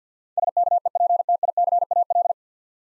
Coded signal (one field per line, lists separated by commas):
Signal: Morse code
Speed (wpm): 50 wpm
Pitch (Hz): 700 Hz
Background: none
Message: SKEPTICAL